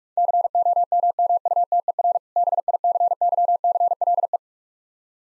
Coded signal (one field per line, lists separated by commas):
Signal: Morse code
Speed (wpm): 45 wpm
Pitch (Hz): 700 Hz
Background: none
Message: COMMUTER BICYCLE